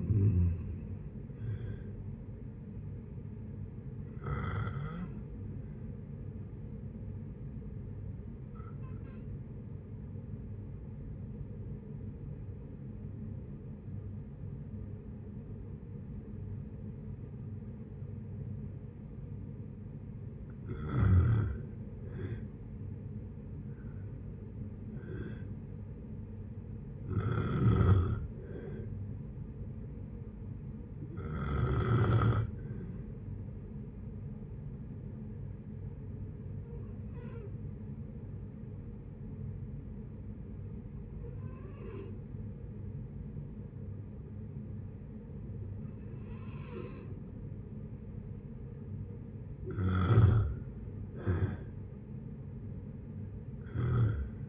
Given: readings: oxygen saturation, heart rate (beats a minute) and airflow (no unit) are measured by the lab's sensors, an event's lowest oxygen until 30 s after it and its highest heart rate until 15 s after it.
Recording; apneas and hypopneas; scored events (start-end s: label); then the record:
breathing in sleep by a smartphone at the bedside; 2
10.00-21.20 s: obstructive apnea (N2, oxygen 95% highest, then 87% lowest, heart rate 66 at the start, 70 highest)
34.00-49.80 s: hypopnea (N2, oxygen 95% highest, then 89% lowest, heart rate 64 at the start, 69 highest)
From the record:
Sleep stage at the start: N2 (light sleep); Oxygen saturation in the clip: 87 to 95%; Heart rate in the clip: 55 to 71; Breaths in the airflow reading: 12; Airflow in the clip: -8.2 to 8.1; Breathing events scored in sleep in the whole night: 496 in 5.4 hours asleep